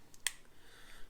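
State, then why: Seated. The plastic sole piece of a model armour foot is lined up and slid onto the foot assembly. A faint tick comes at 0.1 s, then a sharp, bright snap at 0.3 s as the sole clicks into place and is seated.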